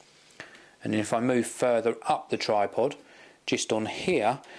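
A flip lever latch on a carbon fibre Manfrotto 055CX3 / 755CX3 tripod leg is pulled open so the leg section can extend, giving a single sharp snap at 0.4 s. After a short pause, someone talks for the rest of the clip.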